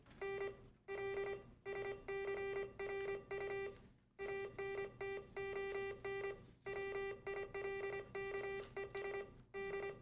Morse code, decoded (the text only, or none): N L SCRU ANTON WILKES D